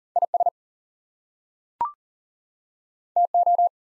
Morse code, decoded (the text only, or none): IS TO